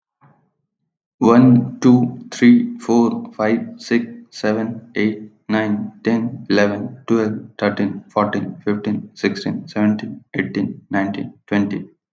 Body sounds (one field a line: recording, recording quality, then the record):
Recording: counting at a normal pace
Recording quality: excellent, no background noise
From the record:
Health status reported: healthy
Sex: male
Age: 25 years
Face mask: not worn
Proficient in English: yes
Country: India